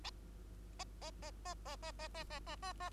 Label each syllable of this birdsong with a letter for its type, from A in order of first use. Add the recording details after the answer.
A A A A A A A A A A A A. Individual Bird2